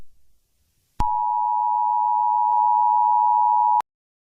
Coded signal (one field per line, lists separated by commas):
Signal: Emergency Alert System (SAME) tones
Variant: 853 and 960 Hz attention tone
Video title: EAS Scenario: The Calm Before The Storm (ep 1)